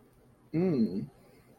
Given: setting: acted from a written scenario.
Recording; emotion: vocal sound without words; desire